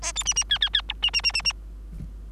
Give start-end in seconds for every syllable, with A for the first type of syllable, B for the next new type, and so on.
0.02-0.12 A, 0.15-0.24 B, 0.25-0.34 C, 0.35-0.44 C, 0.49-0.58 D, 0.61-0.69 D, 0.73-0.82 D, 0.89-0.93 E, 1.02-1.10 C, 1.13-1.22 C, 1.23-1.32 C, 1.33-1.42 C, 1.44-1.53 C